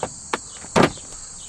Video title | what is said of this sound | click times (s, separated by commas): car news-2017 ford explorer sport review-3.5l turbo v6 | And then it just clicks back in like that. | 0.3 s